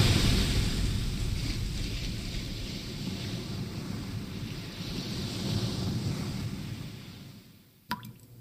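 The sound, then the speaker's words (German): Ocean surf rushes and breaks against the shore in a steady, hissing roar that swells and eases, then fades away near the end with a brief sharp click. No voices. “Die Brandung hat die Küste entflammt.”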